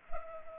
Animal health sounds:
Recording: mosquito wingbeat signal from an infrared sensor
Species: Culex pipiens

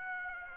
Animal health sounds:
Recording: mosquito wingbeat signal from an infrared sensor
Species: Aedes aegypti

